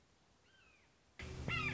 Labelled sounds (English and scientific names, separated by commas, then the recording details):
Red-shouldered Hawk (Buteo lineatus)
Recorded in Sonoma County, California